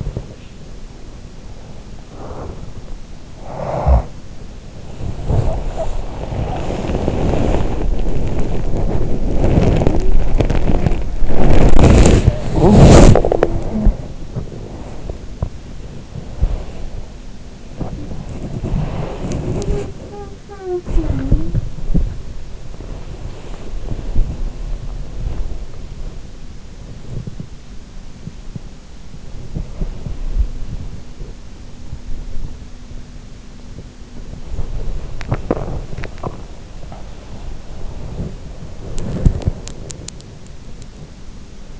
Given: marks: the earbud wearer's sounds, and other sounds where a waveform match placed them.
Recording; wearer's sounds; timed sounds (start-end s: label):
sounds in sleep by an in-ear microphone; body movement, breath, snoring breath, talking in sleep, teeth grinding, swallowing
0.00-41.80 s: body movement
2.01-2.84 s: breath
3.38-4.30 s: snoring breath
9.56-11.05 s: sound from someone else or the room
12.63-13.88 s: talking in sleep
19.12-22.05 s: sound from someone else or the room
34.96-35.61 s: teeth grinding
35.80-37.40 s: swallowing